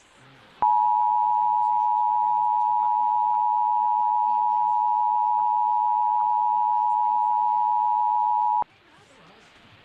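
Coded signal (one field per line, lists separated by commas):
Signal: Emergency Alert System (SAME) tones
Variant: 853 and 960 Hz attention tone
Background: speech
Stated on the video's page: Real alerts and tests received over about two weeks.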